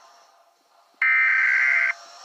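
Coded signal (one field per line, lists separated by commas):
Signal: Emergency Alert System (SAME) tones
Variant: header bursts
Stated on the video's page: Fictional EAS scenario.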